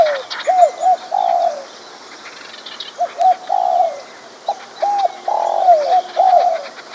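Spotted dove song, repeated phrases of two quick coos and a longer drawn coo, with faint bird chirps in the background.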